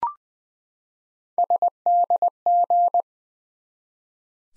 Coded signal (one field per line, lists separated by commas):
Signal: Morse code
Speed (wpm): 20 wpm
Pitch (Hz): 700 Hz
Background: none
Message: SDG